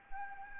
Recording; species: mosquito wingbeat signal from an infrared sensor; Anopheles arabiensis